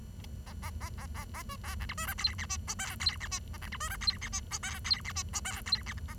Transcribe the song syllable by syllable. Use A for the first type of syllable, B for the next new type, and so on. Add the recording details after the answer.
A A A A A A A B C D E F G H I J K G H I A C D E F G H I J K G H I J K G H A. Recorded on 23 June 2012 at 10:03. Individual gr41rd51